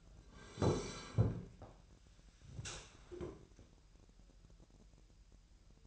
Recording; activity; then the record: daily activity, microphone in the room; sit down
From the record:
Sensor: 2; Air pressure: 1001.4 hPa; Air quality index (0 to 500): 241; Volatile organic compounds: 74 ppm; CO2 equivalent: 3552 ppm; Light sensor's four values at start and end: 9/20/8/9 and 11/25/11/11